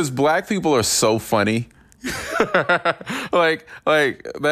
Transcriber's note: laughter